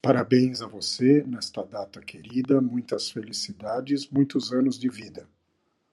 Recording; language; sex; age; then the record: short text; Brazilian Portuguese; male; 60 to 69 years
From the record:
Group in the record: control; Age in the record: 63 years